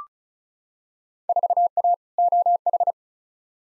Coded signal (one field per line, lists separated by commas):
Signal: Morse code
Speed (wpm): 34 wpm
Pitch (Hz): 700 Hz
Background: none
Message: 4A OH